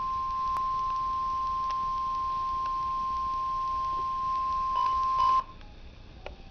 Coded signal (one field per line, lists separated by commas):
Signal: Emergency Alert System (SAME) tones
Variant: 1050 Hz attention tone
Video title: Real NOAA Weather Radio EAS Alert #21